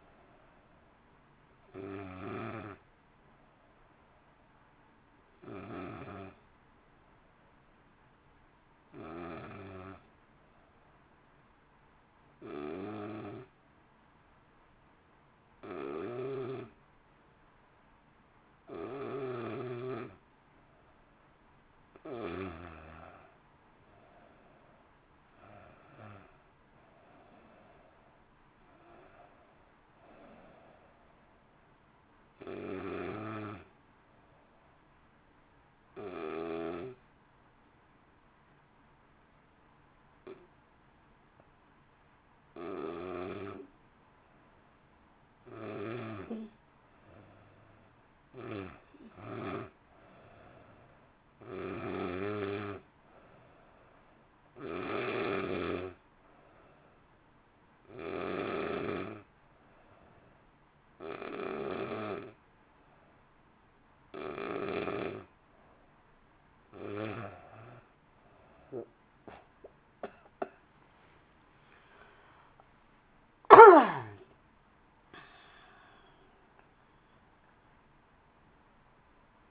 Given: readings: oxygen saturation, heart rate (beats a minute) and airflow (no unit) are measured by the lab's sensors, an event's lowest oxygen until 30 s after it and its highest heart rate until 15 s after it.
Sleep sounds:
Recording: breathing in sleep by a voice recorder at the bedside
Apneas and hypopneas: 3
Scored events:
3.00-18.40 s: hypopnea (N1, oxygen 94% highest, then 88% lowest, heart rate 54 at the start, 61 highest)
34.00-51.10 s: hypopnea (N1, oxygen 93% highest, then 89% lowest, heart rate 58 at the start, 60 highest)
42.00-72.00 s: new sleep stage, N2 (light sleep)
60.00-69.80 s: hypopnea (N2, oxygen 91% highest, then 89% lowest, heart rate 57 at the start, 69 highest)
72.00-79.51 s: new sleep stage, N1 (lightest sleep)
From the record:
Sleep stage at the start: N1 (lightest sleep)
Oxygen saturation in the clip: 84 to 94%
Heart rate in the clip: 51 to 69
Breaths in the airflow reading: 23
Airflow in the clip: -1.3 to 2.0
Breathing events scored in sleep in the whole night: 328 in 6.3 hours asleep

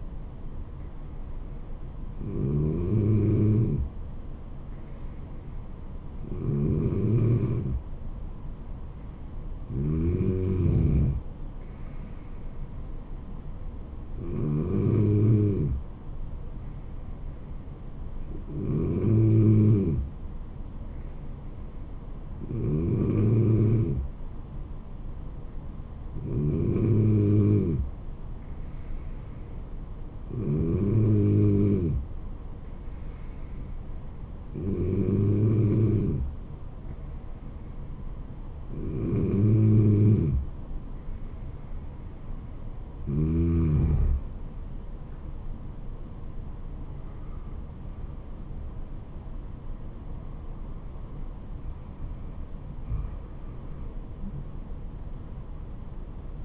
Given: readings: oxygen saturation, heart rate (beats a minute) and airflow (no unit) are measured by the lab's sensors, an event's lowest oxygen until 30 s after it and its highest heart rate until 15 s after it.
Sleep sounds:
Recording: breathing in sleep by a smartphone at the bedside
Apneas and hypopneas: 1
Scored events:
22.00-47.80 s: hypopnea (N2, oxygen 95% highest, then 94% lowest, heart rate 67 at the start, 76 highest)
From the record:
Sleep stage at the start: N2 (light sleep)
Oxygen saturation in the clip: 94 to 95%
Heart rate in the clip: 66 to 76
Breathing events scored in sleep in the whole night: 426 in 7.4 hours asleep

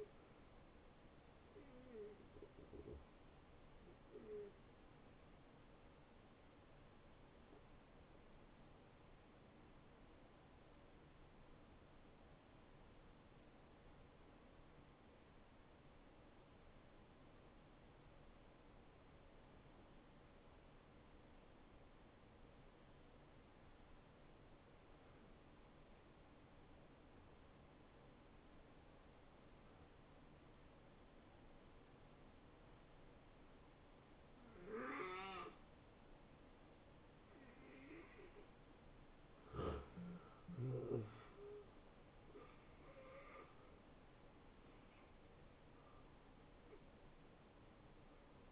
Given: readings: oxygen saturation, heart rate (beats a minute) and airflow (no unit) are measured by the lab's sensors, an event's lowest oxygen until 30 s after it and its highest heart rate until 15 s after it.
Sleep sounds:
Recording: breathing in sleep by a voice recorder at the bedside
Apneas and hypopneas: 1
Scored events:
6.00-39.00 s: hypopnea (N2, oxygen 93% highest, then 79% lowest, heart rate 80 at the start, 80 highest)
37.00-48.52 s: new sleep stage, N1 (lightest sleep)
From the record:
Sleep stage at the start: N2 (light sleep)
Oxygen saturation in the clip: 79 to 93%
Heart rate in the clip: 71 to 86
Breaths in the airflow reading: 9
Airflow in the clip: -12.2 to 9.6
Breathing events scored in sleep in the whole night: 263 in 5.5 hours asleep

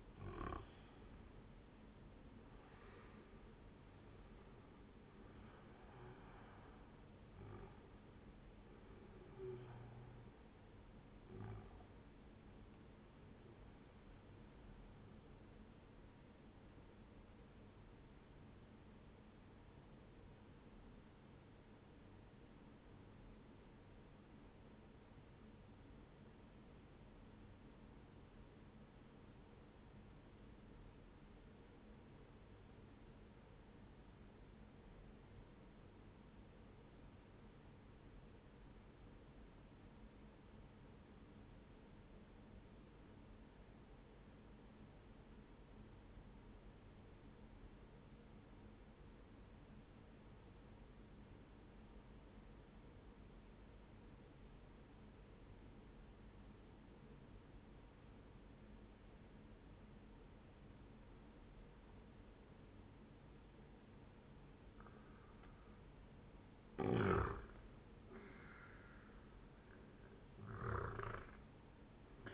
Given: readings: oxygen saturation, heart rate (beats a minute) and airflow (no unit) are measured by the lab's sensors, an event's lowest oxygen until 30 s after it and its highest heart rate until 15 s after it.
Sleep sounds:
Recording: breathing in sleep by a voice recorder at the bedside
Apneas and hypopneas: 1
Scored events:
4.00-34.00 s: new sleep stage, N1 (lightest sleep)
20.00-66.30 s: obstructive apnea (N1, oxygen 98% highest, then 91% lowest, heart rate 66 at the start, 76 highest)
34.00-64.00 s: new sleep stage, N2 (light sleep)
64.00-72.34 s: new sleep stage, N1 (lightest sleep)
From the record:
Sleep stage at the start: N2 (light sleep)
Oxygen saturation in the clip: 90 to 98%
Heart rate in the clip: 62 to 79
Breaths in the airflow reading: 6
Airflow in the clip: -13.2 to 12.3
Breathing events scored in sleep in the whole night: 131 in 7.2 hours asleep

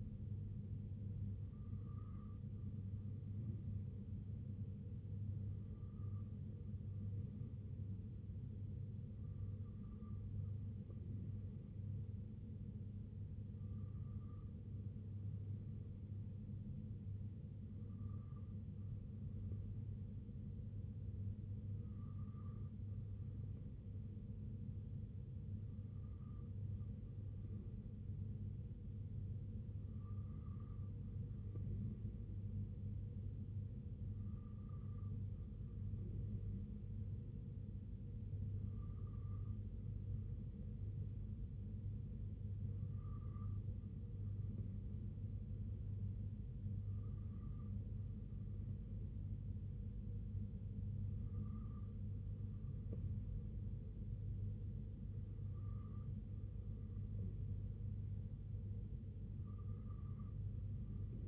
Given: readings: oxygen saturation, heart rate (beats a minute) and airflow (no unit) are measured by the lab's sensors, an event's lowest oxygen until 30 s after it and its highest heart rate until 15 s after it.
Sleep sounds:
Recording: breathing in sleep by a smartphone at the bedside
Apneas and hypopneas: none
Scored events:
55.00-61.28 s: new sleep stage, N2 (light sleep)
From the record:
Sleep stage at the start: N3 (deep sleep)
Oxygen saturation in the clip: 93 to 94%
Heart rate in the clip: 63 to 69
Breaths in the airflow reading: 15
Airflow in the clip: -2.4 to 1.4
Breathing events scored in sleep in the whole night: 258 in 7.4 hours asleep

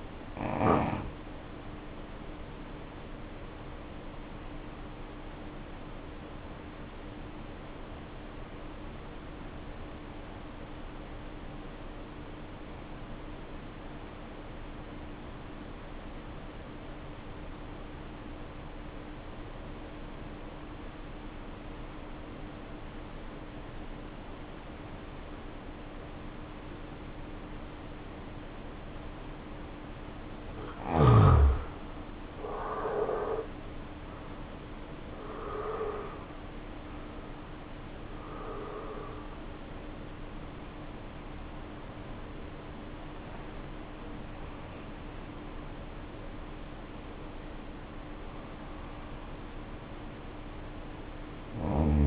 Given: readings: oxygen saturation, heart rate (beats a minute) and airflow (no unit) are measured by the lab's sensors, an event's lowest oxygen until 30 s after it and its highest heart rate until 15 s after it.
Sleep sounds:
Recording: a person awake in a sleep study, by a voice recorder at the bedside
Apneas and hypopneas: 1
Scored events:
8.00-30.00 s: obstructive apnea (N1, oxygen 90% highest, then 66% lowest, heart rate 56 at the start, 82 highest)
23.00-52.07 s: new sleep stage, awake
25.00-52.07 s: awake
From the record:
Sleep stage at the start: N1 (lightest sleep)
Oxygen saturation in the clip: 66 to 90%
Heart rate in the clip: 56 to 82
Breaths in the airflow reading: 7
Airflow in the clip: -6.1 to 10.8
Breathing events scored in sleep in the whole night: 520 in 7.2 hours asleep

